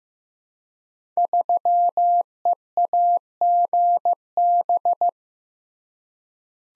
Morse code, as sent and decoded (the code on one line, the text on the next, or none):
...-- . .- --. -...
3EAGB